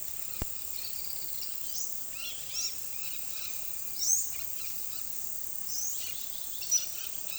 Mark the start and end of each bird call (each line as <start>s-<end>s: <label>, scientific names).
1.71s-6.08s: Thraupis palmarum
2.18s-7.38s: Orthopsittaca manilatus
6.60s-6.79s: Pteroglossus castanotis